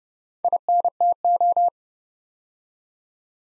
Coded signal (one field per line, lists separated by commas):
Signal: Morse code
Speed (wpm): 30 wpm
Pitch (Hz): 700 Hz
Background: none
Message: INTO